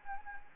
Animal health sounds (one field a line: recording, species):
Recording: mosquito wingbeat signal from an infrared sensor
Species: Anopheles gambiae